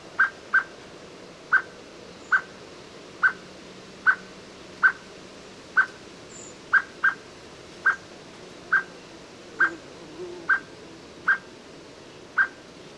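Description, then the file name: Common blackbird giving short, sharp clicking call notes, repeated roughly every second and sometimes doubled, over steady background noise. "Turdus merula"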